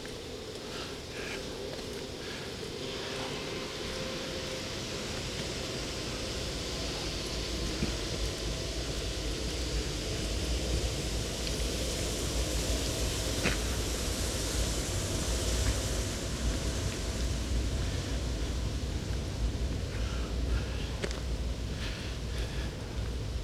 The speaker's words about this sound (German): Aber vielleicht ist auch nur diese eine Halle hier im Weg und dämmt das Geräusch der Sägen in den anderen Hallen. Ach, da läuft sie ja. Wer hätte es gedacht? Nein, die laufen auch sonntags.